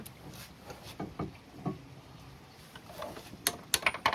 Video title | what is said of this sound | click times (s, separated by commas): Easy O2 Sensor Replacement (Until the Hood Hit Me) | tighten it till you hear the click. | 3.5 s, 3.7 s